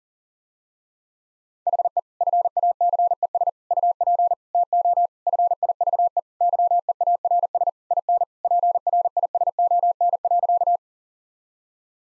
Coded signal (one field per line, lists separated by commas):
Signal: Morse code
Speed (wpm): 37 wpm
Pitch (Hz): 700 Hz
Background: none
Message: HE FACES UP TO FIVE YEARS IN PRISON.